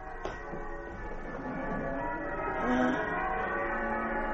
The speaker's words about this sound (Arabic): أجراس الكاتدرائية القديمة العزيزة علي تدق في صباح عيد الميلاد العزيز. مرة أخرى تهمس في آذاننا الأنغام الحلوة للسلام وحب الخير.